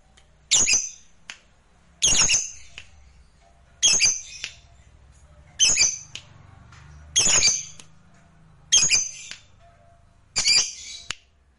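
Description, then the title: Lovebird squawks: loud harsh high-pitched screeches repeated roughly every one and a half seconds, each followed by a brief sharp click, over a faint low hum. "Suara Lovebird"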